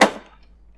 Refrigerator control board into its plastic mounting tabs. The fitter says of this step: but it's the most part pretty easy you want to hear it pop in place